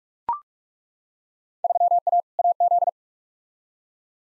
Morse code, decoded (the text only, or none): 3A AZ